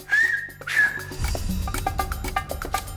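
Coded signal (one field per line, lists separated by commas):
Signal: whistled language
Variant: Silbo Gomero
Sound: two short gliding whistles around 2 kHz, then rhythmic music takes over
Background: music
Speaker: Everything we speak can be whistled. Ah! If the police hear the language, they will think the birds are singing.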